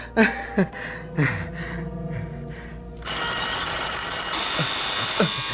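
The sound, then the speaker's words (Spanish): Brief bursts of voice-like sounds are followed by a telephone and the street-door bell ringing at the same time: a steady, harsh electric ringing and buzzing that holds for several seconds, with a bell-like tone layered on top. “No puedo atender al mismo tiempo el teléfono y la puerta de la calle.”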